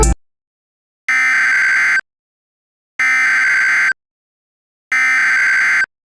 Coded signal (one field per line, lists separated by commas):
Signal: Emergency Alert System (SAME) tones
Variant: header bursts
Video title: EAS Scenario - Brianna's Rampage (Remastered)